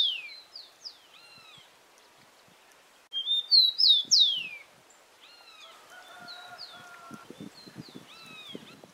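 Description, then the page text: Rufous-collared sparrow song, a soft rising note then three loud, clear down-slurred whistles; faint chirps before, and later other faint calls and low clicking sounds. "TICO TICO (Zonotrichia Capensis)"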